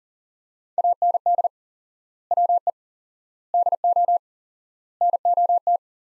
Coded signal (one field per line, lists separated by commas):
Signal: Morse code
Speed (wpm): 38 wpm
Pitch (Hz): 700 Hz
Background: none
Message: AND WE DO NOT